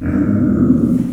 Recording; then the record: squeal of a Yucatan mini pig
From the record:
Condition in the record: after surgery on the right vocal fold (resection and tissue-engineered implant); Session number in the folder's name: 6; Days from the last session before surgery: 40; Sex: female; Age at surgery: 19 weeks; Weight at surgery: 25 kg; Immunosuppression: prednisolone